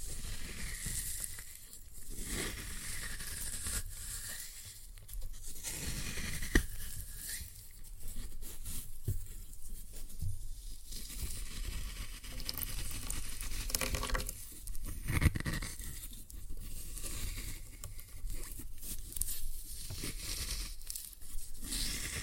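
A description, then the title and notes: Floral foam being crushed gives a dense, continuous crunching and crackling that runs the whole clip, with gritty tearing and crumbling textures. The sound comes in uneven surges, with brief quieter gaps near 2, 10 and 14 seconds, and a sharper snap around 15 seconds. ASMR Most Satisfying Floral Foam Glitter Bomb Crushing.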